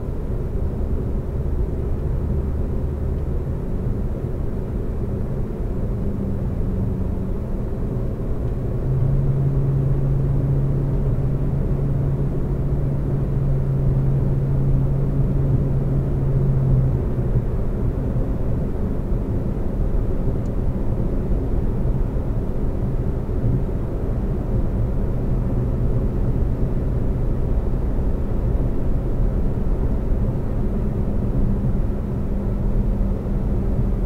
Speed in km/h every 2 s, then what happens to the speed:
103, 103, 106, 108, 111, 113, 116, 118, 121, 122, 124, 126, 126, 129, 129, 130, 130.
0-34 speeds up to 130.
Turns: none.